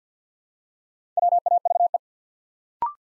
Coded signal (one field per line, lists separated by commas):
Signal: Morse code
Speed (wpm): 48 wpm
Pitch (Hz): 700 Hz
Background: none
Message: WAVE